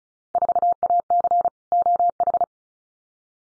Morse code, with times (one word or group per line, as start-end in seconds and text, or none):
0.3-1.5 4AC
1.7-2.4 OH